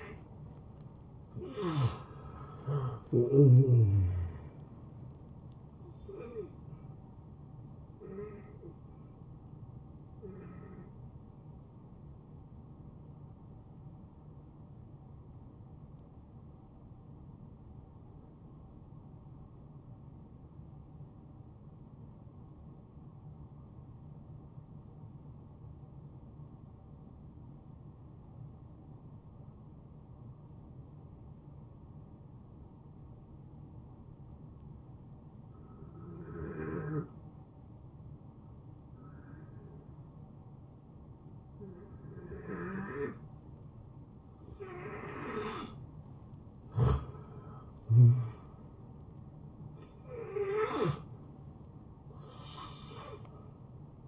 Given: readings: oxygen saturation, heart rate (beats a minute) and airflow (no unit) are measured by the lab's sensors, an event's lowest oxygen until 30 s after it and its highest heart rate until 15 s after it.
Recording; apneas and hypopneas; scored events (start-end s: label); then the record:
breathing in sleep by a smartphone at the bedside; 1
12.00-45.60 s: hypopnea (N2, oxygen 93% highest, then 79% lowest, heart rate 76 at the start, 77 highest)
49.00-54.08 s: new sleep stage, N1 (lightest sleep)
From the record:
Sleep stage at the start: N2 (light sleep); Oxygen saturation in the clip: 79 to 93%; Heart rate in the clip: 55 to 79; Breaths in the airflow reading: 7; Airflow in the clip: -18.3 to 9.9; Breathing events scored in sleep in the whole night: 263 in 5.5 hours asleep